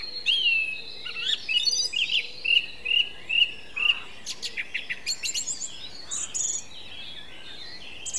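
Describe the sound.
Song thrush singing, varied chirpy phrases, then a clear whistled note repeated several times in a row, followed by softer repeated notes and more chirpy phrases, with light background hiss.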